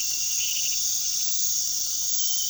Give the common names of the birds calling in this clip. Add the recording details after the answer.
none. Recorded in pastures near Puerto Asís, Putumayo, Colombia, on 20 February 2024 at 01:00. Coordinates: 0.468, -76.328. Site G6414